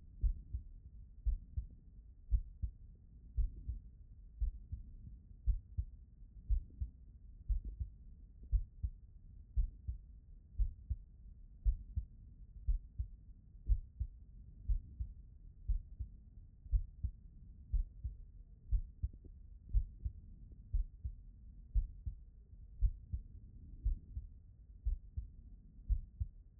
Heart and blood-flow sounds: heart sounds by stethoscope; pulmonary valve (PV)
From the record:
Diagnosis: non-HFrEF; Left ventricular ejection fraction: 68%

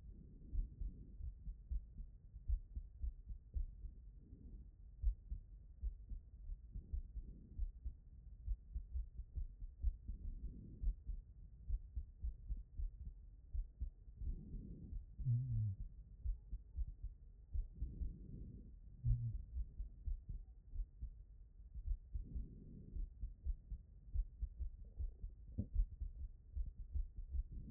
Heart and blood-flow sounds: heart sounds by stethoscope; tricuspid valve (TV)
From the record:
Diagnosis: non-HFrEF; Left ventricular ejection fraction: 44%

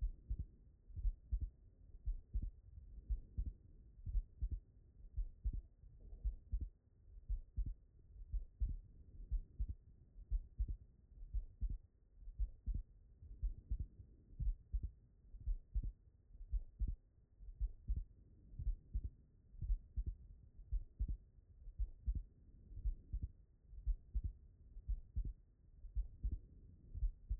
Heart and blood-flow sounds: heart sounds by stethoscope; pulmonary valve (PV)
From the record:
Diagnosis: HFrEF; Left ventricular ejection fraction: 38%

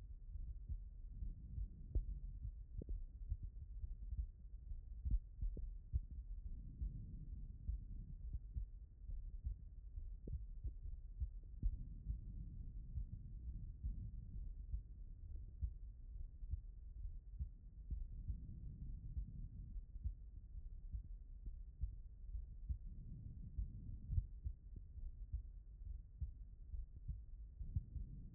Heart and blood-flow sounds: heart sounds by stethoscope; pulmonary valve (PV)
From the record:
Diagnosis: non-HFrEF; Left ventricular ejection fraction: 60%

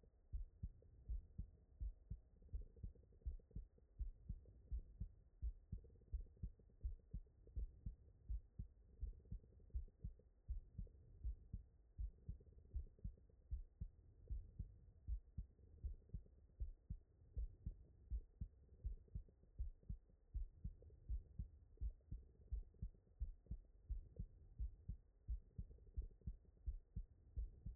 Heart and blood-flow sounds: heart sounds by stethoscope; tricuspid valve (TV)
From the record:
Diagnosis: non-HFrEF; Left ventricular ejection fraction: 67%

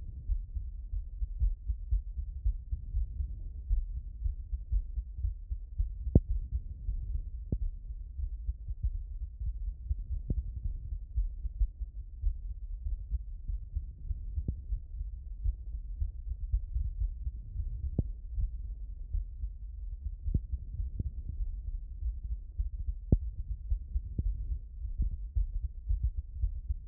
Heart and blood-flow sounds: heart sounds by stethoscope; pulmonary valve (PV)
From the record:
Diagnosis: non-HFrEF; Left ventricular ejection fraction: 50%

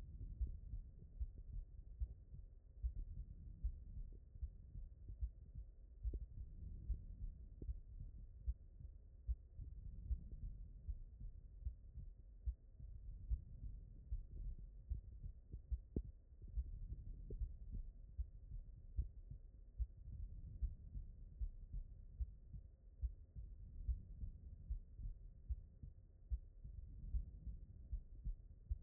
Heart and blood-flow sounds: heart sounds by stethoscope; aortic valve (AV)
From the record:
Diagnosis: non-HFrEF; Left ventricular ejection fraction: 78%

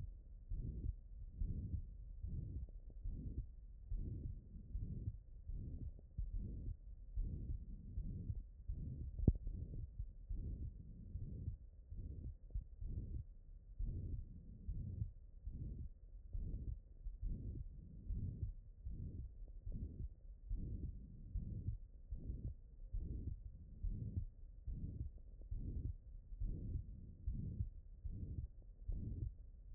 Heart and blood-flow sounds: heart sounds by stethoscope; pulmonary valve (PV)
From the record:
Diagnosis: non-HFrEF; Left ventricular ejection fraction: 60%

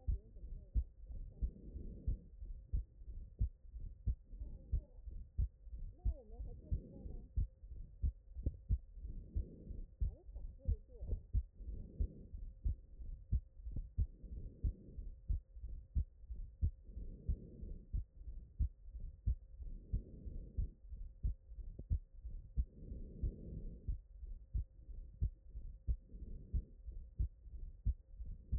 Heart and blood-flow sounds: heart sounds by stethoscope; pulmonary valve (PV)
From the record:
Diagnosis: non-HFrEF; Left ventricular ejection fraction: 48%

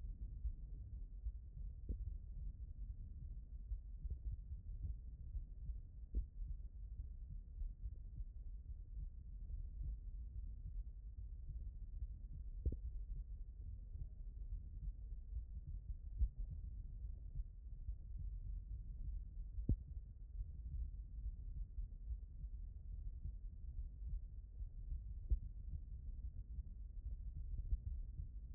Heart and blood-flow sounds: heart sounds by stethoscope; aortic valve (AV)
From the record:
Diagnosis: non-HFrEF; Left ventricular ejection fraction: 65%

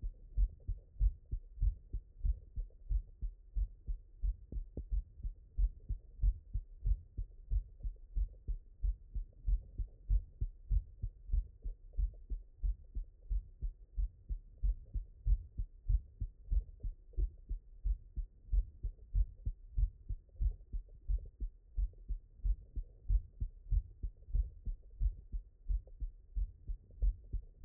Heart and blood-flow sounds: heart sounds by stethoscope; mitral valve (MV)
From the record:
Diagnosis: non-HFrEF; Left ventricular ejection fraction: 68%

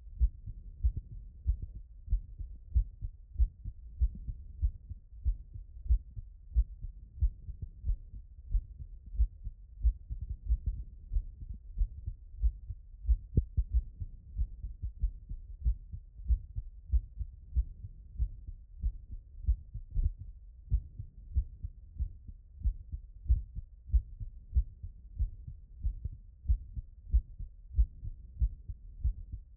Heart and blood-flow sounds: heart sounds by stethoscope; tricuspid valve (TV)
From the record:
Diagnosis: non-HFrEF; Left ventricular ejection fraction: 68%

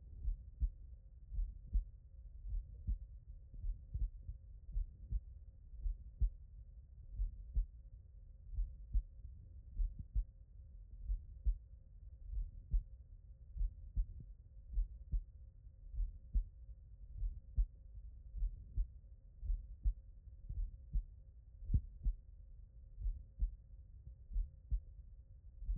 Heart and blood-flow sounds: heart sounds by stethoscope; tricuspid valve (TV)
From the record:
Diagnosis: HFrEF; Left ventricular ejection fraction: 35%

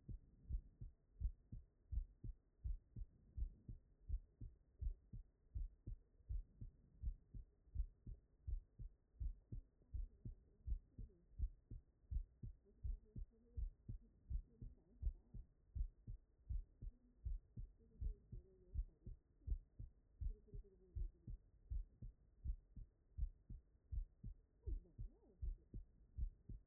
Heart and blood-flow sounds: heart sounds by stethoscope; tricuspid valve (TV)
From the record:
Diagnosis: non-HFrEF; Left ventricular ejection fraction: 78%

